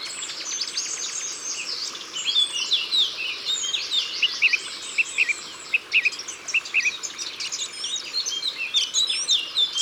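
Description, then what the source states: Eurasian blackcap song, warbled phrases amid a dense chorus of other high chattering birds. Ardèche, France.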